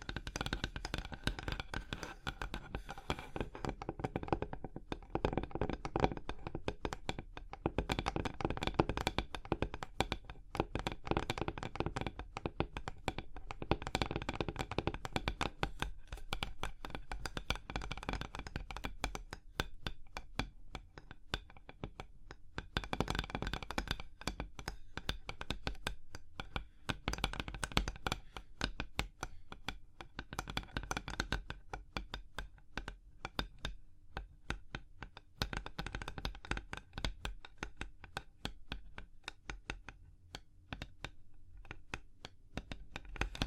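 Hypnotic surface tapping, scratching and tracing sounds run throughout, a dense stream of quick, irregular taps and crisp scrapes. Busier, brighter stretches alternate with sparser moments, especially after about twenty seconds, with a low steady hum underneath.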